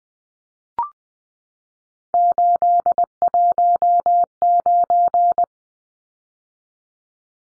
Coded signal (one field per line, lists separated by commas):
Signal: Morse code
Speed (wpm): 20 wpm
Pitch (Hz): 700 Hz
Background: none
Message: 819